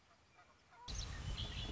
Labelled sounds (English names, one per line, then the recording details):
Red-winged Blackbird
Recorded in Sonoma County, California